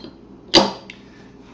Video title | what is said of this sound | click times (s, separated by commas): How to Field Strip a Springfield XD Subcompact | and we'll slide it till it clicks in and now we're going to put the | 0.9 s